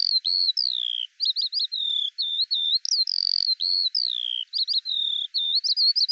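Eurasian skylark singing a continuous, lively warble of short rising and falling high notes, barely pausing.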